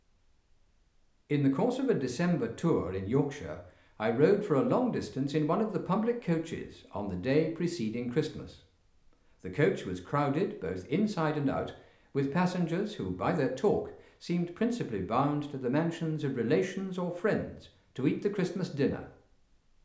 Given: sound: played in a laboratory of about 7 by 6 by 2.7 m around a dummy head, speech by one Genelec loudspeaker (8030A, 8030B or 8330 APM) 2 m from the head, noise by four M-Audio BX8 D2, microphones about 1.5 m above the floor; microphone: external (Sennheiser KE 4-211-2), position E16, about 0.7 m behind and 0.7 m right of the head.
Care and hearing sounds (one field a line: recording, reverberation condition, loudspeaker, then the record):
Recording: male speech in English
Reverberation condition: medium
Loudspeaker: 150 degrees to the right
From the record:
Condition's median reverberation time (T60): about 510 ms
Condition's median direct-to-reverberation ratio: about -0.5 dB